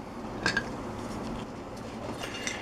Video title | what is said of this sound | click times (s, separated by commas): 2019 Silverado Brakes Pad Replacement. Brake service mode. | so we got the sensor in the back of the caliper that snaps right in you'll know it you'll hear it when it clicks | 0.5 s